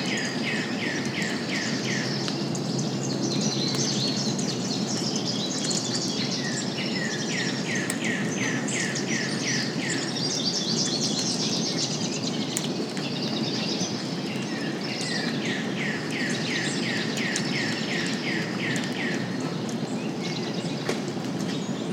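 Songbirds call in repeated rapid trills and chirps throughout, over a steady low rumble and dense rain-like hiss that never lets up.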